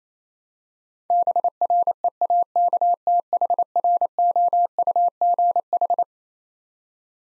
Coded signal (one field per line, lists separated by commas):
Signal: Morse code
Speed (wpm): 28 wpm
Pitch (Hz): 700 Hz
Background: none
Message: BREAKTHROUGH